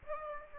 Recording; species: mosquito wingbeat signal from an infrared sensor; Aedes aegypti